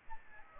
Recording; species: mosquito wingbeat signal from an infrared sensor; Aedes albopictus